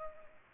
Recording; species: mosquito wingbeat signal from an infrared sensor; Culex pipiens